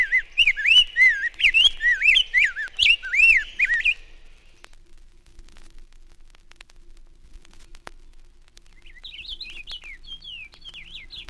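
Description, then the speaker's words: Rose-breasted Grosbeak singing clear, slurred, robin-like whistled phrases for about four seconds, followed by silence and a short higher whistled phrase near the end. Robin-like song, clearer than the scarlet tanager's, with slurred phrases; associate of the scarlet tanager. "Rose-breasted grosbeak is an associate of the scarlet tanager, but its robin-like song is clearer and the phrases are slurred."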